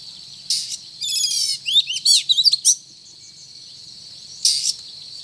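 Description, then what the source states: Oriental magpie-robin song: a harsh buzzy note, then a fast trill and several looping whistled slurs, with another rasping burst after a pause; faint steady hiss behind. Called kacer locally; described as gacor, actively and vigorously singing.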